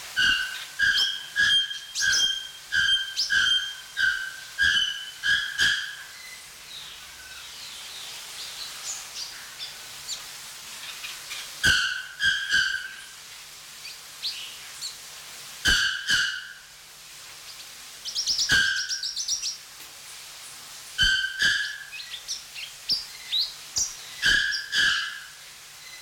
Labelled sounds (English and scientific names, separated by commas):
Pin-tailed Whydah (Vidua macroura)